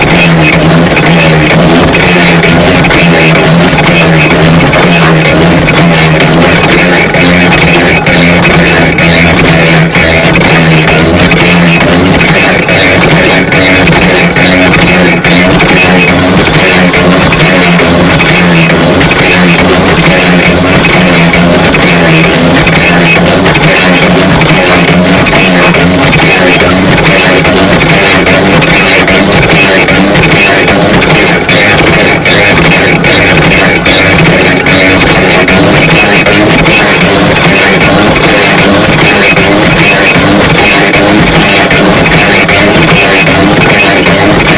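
A pedal-driven threshing machine works through rice, giving a dense, continuous mechanical whir with a rapid ratcheting clatter and a steady low hum. The sound stays loud and even throughout, with slight shifts in the bright rattle around the middle and near the end.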